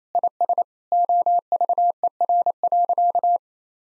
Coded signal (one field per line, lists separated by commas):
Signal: Morse code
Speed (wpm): 28 wpm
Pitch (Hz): 700 Hz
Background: none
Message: IS OVER.